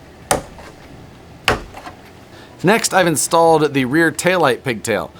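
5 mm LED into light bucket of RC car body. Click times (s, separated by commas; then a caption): 0.3 s, 1.5 s. A 5 mm LED is pushed into a plastic light bucket already mounted in the body of a Traxxas TRX-4 Sport RC truck. Two sharp snaps are heard at 0.3 s and 1.5 s as it seats in place, followed by a faint tick and then someone talking.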